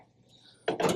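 A 5/16 socket slips while loosening a rusted steel bolt that holds a gas grill burner, giving a sharp metallic snap at 0.7 s with a second burst of noise just after. The bolt strips, so the burner is left in place. No words are spoken in the clip.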